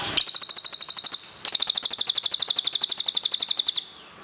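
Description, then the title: Bird trilling: a fast, even series of high chirps in two bursts separated by a short pause. "SUARA BURUNG"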